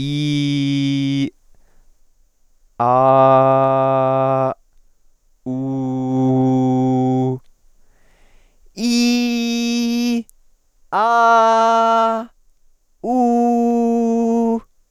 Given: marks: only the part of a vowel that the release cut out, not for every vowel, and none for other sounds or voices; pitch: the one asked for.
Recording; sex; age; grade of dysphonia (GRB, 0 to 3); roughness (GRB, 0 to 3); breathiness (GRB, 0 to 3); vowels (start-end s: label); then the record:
sustained vowels; male; 20 to 29 years; 0; 0; 0
0.00-1.20 s: vowel /i/, normal pitch
2.85-4.45 s: vowel /a/, normal pitch
5.55-7.29 s: vowel /u/, normal pitch
8.87-10.14 s: vowel /i/, high pitch
11.01-12.10 s: vowel /a/, high pitch
13.15-14.52 s: vowel /u/, high pitch
From the record:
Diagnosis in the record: healthy voice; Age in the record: 20 years